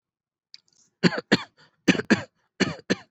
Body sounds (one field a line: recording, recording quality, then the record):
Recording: shallow voluntary cough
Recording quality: excellent, no background noise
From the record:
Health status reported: exposed to COVID-19, no respiratory illness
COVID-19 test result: negative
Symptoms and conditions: fatigue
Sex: female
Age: 29 years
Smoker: not ticked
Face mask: not worn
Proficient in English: yes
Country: India